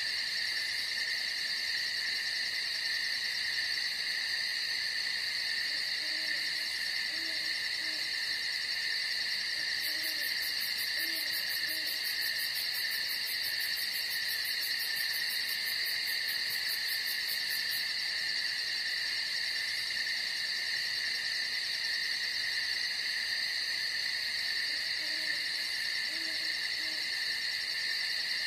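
A dense night chorus of crickets and insects keeps up a steady, shrill drone in several high layers. From about 10 to 18 seconds a very high, fast-pulsing trill joins in. Soft, low hooting calls come in short pairs around 6, 11 and 25 seconds.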